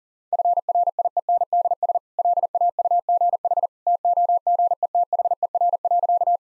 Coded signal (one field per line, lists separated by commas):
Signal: Morse code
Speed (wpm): 40 wpm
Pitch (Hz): 700 Hz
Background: none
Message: FRIENDS LAUGH TOGETHER.